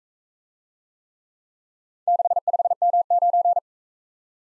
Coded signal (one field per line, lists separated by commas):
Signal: Morse code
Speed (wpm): 40 wpm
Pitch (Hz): 700 Hz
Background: none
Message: 65M9